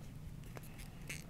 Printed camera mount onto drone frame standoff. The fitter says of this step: and locks into place right on the side here